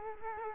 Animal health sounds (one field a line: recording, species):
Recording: mosquito wingbeat signal from an infrared sensor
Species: Culex quinquefasciatus